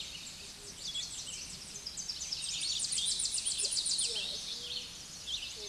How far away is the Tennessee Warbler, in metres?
about 30 m